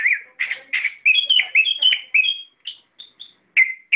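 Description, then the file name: Songbird song of rapid repeated chirps and slurred whistles, around three notes a second, with a few sparse high notes near the end. Masteran recording, used to train other cage birds to sing. "masteran omkicau"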